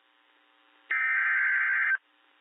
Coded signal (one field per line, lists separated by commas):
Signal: Emergency Alert System (SAME) tones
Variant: header bursts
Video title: Severe Thunderstorm Warning South Dakota Noaa Weather Radio Station WXM 25 SD Aberdeen 6/3/26